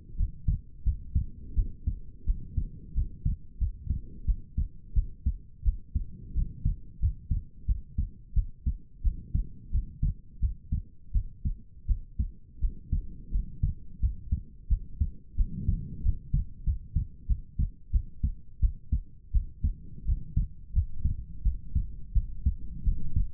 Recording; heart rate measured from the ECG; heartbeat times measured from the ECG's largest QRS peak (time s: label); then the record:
heart sounds by stethoscope; 87 bpm
0.16 s: heartbeat
0.83 s: heartbeat
1.54 s: heartbeat
2.24 s: heartbeat
2.93 s: heartbeat
3.57 s: heartbeat
4.25 s: heartbeat
4.93 s: heartbeat
5.63 s: heartbeat
6.33 s: heartbeat
6.99 s: heartbeat
7.65 s: heartbeat
8.33 s: heartbeat
9.02 s: heartbeat
9.70 s: heartbeat
10.39 s: heartbeat
11.12 s: heartbeat
11.86 s: heartbeat
12.59 s: heartbeat
13.30 s: heartbeat
13.99 s: heartbeat
14.68 s: heartbeat
15.35 s: heartbeat
16.01 s: heartbeat
16.63 s: heartbeat
17.26 s: heartbeat
17.91 s: heartbeat
18.59 s: heartbeat
19.31 s: heartbeat
20.04 s: heartbeat
20.72 s: heartbeat
21.42 s: heartbeat
22.12 s: heartbeat
22.83 s: heartbeat
From the record:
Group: healthy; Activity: rest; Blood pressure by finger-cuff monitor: 80/62 mmHg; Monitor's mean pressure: 68 mmHg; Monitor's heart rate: 87 bpm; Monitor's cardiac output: 6.2 L/min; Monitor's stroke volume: 72 mL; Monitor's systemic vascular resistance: 770 dyn s/cm5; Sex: female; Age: 19 years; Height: 163 cm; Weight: 48.9 kg